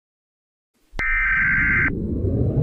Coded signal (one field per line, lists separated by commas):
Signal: Emergency Alert System (SAME) tones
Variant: header bursts